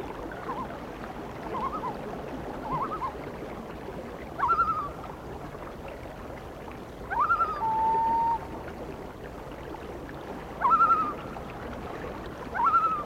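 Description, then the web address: Loon calls: short wavering notes repeated at uneven intervals, with one longer flat held tone in the middle, over a soft background hiss. "A Természet hangjai - Madárdal Sounds of Nature - Cry of the Loon"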